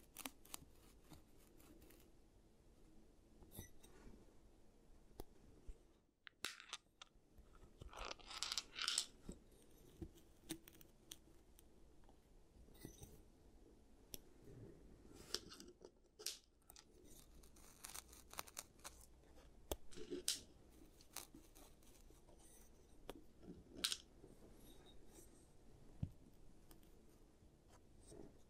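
Giant teeth treatment for fixing cavities: a steady run of crunchy, clicking and scraping handling noises over a soft low rumble. Sharp bright crackles cluster around eight to nine seconds and again near twenty and twenty-four, with a brief near-silent gap around six seconds.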